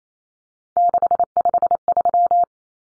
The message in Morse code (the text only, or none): 653